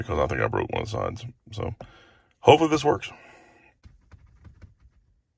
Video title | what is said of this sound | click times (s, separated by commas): A/C Recirculation Easy Fix! - ‘13 Dodge Charger R/T | All right, guys, so there's the new one snapped into place, and it did snap back in, luckily. | 3.8 s, 4.1 s